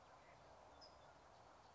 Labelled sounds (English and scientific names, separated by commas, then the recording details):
California Towhee (Melozone crissalis)
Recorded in Sonoma County, California